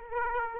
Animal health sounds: mosquito wingbeat signal from an infrared sensor; Aedes aegypti

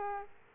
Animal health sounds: mosquito wingbeat signal from an infrared sensor; Aedes aegypti

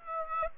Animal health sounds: mosquito wingbeat signal from an infrared sensor; Aedes aegypti

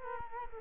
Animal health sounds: mosquito wingbeat signal from an infrared sensor; Culex quinquefasciatus

